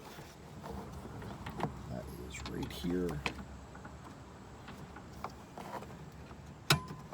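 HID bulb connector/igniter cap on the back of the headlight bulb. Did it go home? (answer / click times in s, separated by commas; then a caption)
released / 6.7 s. The connector/igniter cap on the back of an HID headlight bulb in a 2008 Toyota Prius is twisted off by hand while someone talks, with a few faint knocks and handling noises along the way. A single sharp plastic unclick at 6.7 s marks the cap releasing from the back of the bulb.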